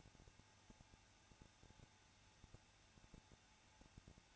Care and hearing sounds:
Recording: daily activity, microphone in the room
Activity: no activity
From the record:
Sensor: 2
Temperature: 21.0 degrees Celsius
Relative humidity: 34.2%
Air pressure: 994.4 hPa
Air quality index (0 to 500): 171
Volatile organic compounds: 3 ppm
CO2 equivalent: 1328 ppm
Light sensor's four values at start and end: 2/3/2/2 and 2/3/2/2

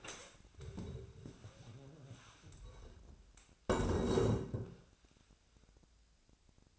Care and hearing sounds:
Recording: daily activity, microphone in the room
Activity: stand up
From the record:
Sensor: 2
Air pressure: 1000.3 hPa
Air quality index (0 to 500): 166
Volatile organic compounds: 3 ppm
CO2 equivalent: 1384 ppm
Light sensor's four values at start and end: 9/20/9/9 and 9/18/8/9

